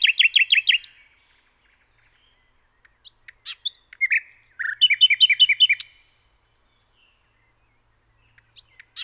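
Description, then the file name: Common nightingale song in two bursts: a fast rattle of repeated notes, a pause, then varied chirps and another rapid repeated series. "Luscinia megarhynchos 180914"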